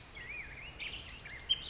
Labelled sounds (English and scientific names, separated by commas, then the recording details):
Black-headed Grosbeak (Pheucticus melanocephalus)
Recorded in Sonoma County, California